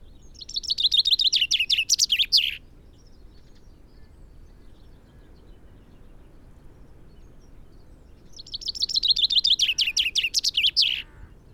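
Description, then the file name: Common chaffinch song repeated twice: a lively, accelerating trill dropping in pitch and ending in an emphatic terminal flourish, with soft background hum between phrases. "Fringilla coelebs"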